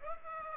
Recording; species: mosquito wingbeat signal from an infrared sensor; Aedes aegypti